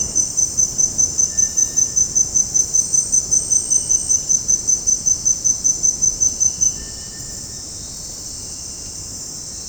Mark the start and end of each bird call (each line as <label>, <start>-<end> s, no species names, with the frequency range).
bird call (1.2-2.3 kHz), 1.27-2.19 s
bird call (1.0-4.9 kHz), 6.66-8.11 s